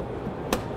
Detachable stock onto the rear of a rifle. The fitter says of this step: break it open Stock comes off slides onto the back end and then then locks into place